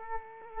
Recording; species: mosquito wingbeat signal from an infrared sensor; Culex quinquefasciatus